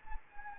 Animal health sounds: mosquito wingbeat signal from an infrared sensor; Anopheles gambiae

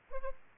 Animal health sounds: mosquito wingbeat signal from an infrared sensor; Aedes aegypti

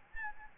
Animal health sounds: mosquito wingbeat signal from an infrared sensor; Aedes albopictus

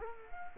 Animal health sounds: mosquito wingbeat signal from an infrared sensor; Culex quinquefasciatus

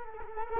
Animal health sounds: mosquito wingbeat signal from an infrared sensor; Culex quinquefasciatus

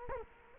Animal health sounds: mosquito wingbeat signal from an infrared sensor; Culex quinquefasciatus

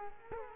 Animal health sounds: mosquito wingbeat signal from an infrared sensor; Culex quinquefasciatus

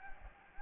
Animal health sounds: mosquito wingbeat signal from an infrared sensor; Anopheles gambiae

